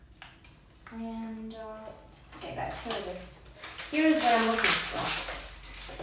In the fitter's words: insert the butter You Hear The Click